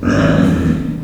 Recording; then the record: squeal of a Yucatan mini pig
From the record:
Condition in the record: after surgery on the right vocal fold (resection and tissue-engineered implant); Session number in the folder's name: 10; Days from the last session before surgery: 86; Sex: female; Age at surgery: 19 weeks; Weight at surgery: 25 kg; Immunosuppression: prednisolone